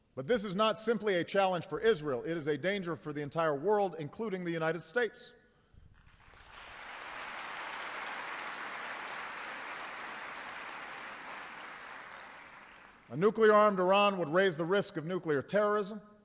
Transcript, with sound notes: But this is not simply a challenge for Israel -- it is a danger for the entire world, including the United States. (Applause.) A nuclear-armed Iran would raise the risk of nuclear terrorism.